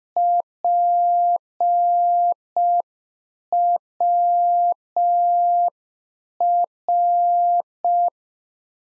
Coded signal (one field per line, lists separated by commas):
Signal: Morse code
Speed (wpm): 5 wpm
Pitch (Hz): 700 Hz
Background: none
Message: PWR